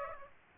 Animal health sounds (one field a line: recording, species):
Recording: mosquito wingbeat signal from an infrared sensor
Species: Aedes aegypti